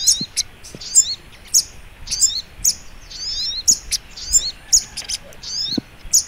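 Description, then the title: Little Spiderhunter song of sharp, high-pitched chirps and short downslurred squeaks in repeated bursts over a faint low rumble. Masteran training recording for teaching songbirds; labelled Labaik. "Masteran Burung Sogok Ontong Labaik"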